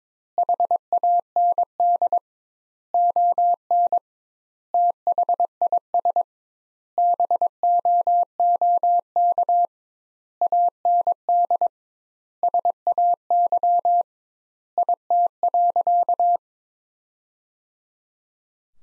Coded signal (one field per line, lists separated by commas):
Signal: Morse code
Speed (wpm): 22 wpm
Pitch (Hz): 700 Hz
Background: none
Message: HAND ON THIS BOOK AND SAY IT.